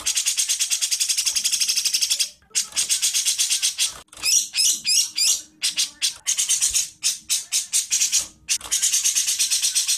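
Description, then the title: Bird song of dense, harsh rapid rattles and buzzy trills, broken by a run of quick sweeping whistles near the middle. Training song (masteran) for songbirds. "Suara masteran Burung"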